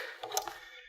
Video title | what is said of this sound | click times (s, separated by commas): Chicco KeyFit 30 Car Seat Installation Unboxing | take that end and all you do is just push it on that latch till you hear what | 0.4 s